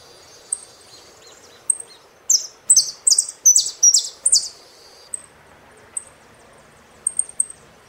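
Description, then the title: Saffron finch song: scattered thin high notes around a loud middle stretch of rapid, buzzy chirps, tapering back to spaced single notes. "Jilguero Argentino"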